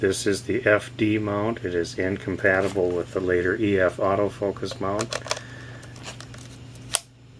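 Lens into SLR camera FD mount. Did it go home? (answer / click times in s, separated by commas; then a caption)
yes / 6.9 s. Someone talks, then an FD lens is fitted back onto the metal mount of a Canon AE-1 Program 35mm SLR body and twisted home, with faint ticks and scrapes from about 6.0 s. A sharp click at 7.0 s marks the lens seating and locking properly onto the camera body.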